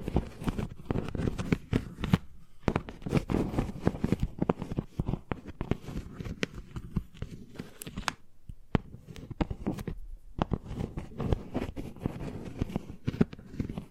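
Chalk taps and scratches in a dense, uneven stream of short sharp clicks, many reaching high and bright while a dull low knock runs under them. Activity is near constant, with brief quieter gaps around eight and ten seconds.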